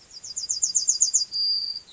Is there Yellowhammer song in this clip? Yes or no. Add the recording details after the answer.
yes. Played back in grassland. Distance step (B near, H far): C. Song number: 113